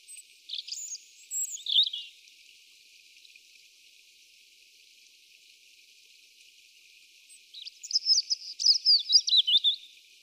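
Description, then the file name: European robin singing two separate bursts of thin, high, rapidly varied twittering notes, one near the start and a longer sparkling phrase near the end, with quiet between. "Erithacus rubecula"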